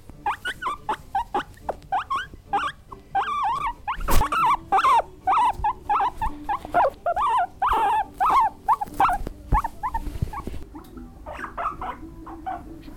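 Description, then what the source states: Guinea pig squealing and chattering in rapid, repeated short squeaks with rising and falling tones, a few louder bursts and occasional thumps in between. Angry guinea pig.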